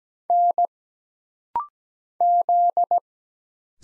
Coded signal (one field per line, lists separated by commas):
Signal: Morse code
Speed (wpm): 17 wpm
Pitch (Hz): 700 Hz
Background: none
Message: N Z